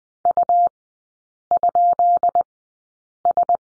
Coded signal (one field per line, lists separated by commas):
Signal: Morse code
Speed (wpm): 20 wpm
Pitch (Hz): 700 Hz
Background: none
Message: U?S